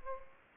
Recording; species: mosquito wingbeat signal from an infrared sensor; Anopheles gambiae